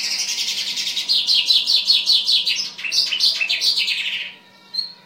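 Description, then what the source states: Bimaculated lark giving a fast, chattering run of high chirps, ending abruptly, with a faint steady hum underneath. Recorded in Afghanistan.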